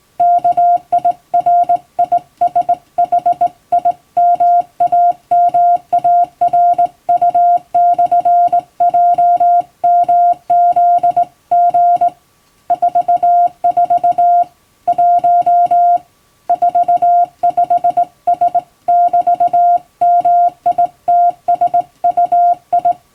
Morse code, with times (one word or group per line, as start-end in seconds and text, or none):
0.2-12.1 KIRISHIMAMARU/JMZG
12.7-14.4 44
14.9-16.0 1
16.5-22.9 45S<BT>MITSUI